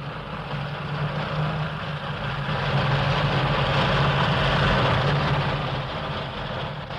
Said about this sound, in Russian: Танк помчался на склон.